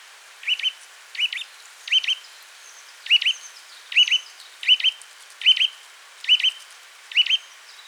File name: Sitta europaea